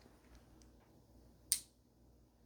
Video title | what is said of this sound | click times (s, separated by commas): Playing the Lord of the Rings Trivial Pursuit | I'm going to put this right by my mic so you can hear the nice click. | 1.5 s